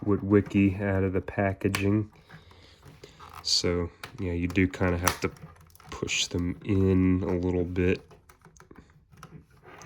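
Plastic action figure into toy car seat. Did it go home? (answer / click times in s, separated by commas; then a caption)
no / none. Someone talks while handling a small plastic human figure being pushed into its seat in the plastic toy car of the 2009 Hasbro Transformers Revenge of the Fallen Human Alliance Bumblebee, and the figure has to be pushed in a little. Brief, faint plastic taps and handling sounds follow near the end after the talking stops. Nothing has seated or clicked into place yet.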